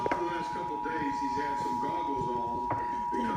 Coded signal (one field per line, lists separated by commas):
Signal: Emergency Alert System (SAME) tones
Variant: 853 and 960 Hz attention tone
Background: speech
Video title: Required Monthly Test EAS #34